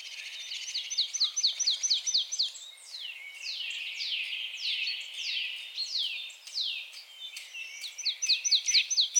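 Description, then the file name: Marsh tit calls: quick runs of thin, high chipping notes at the start and end, with louder, sweeping downslurred calls in between. "Poecile palustris"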